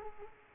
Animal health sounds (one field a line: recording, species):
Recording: mosquito wingbeat signal from an infrared sensor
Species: Culex quinquefasciatus